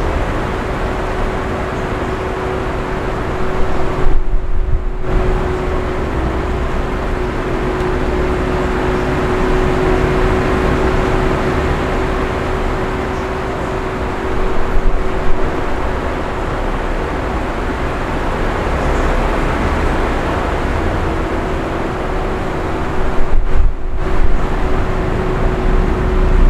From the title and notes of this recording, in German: Hotelzimmer-Idylle: Entspannung mit dem sanften Summen eines Ventilators. Geräuschen eines Hotelzimmers mit Ventilator.